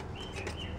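A metal panel of a small QiWiz Firefly folding wood-burning stove is slid along the grooves and slots of another slotted panel. Soft scraping with faint high tonal squeaks is heard over a steady low hum. The clip ends before the panel goes home, and nothing has seated or clicked yet.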